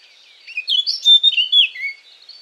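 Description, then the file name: Eurasian blackcap warbling song, a fast, varied phrase of clear whistled and chattering notes that ends on a lower slurred note. "Sylvia atricapilla"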